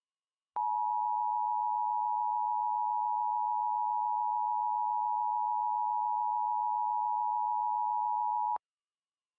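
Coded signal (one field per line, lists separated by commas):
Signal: Emergency Alert System (SAME) tones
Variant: 853 and 960 Hz attention tone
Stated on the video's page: Fictional EAS mock alert.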